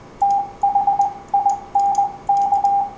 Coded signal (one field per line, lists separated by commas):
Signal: Morse code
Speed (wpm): 21 wpm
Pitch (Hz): 800 Hz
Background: radio noise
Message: THINK